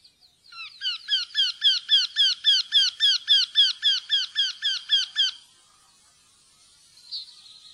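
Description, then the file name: Eurasian wryneck calling a quick, regular series of about seventeen nasal notes over about five seconds, then a pause and one later note. "vendehals"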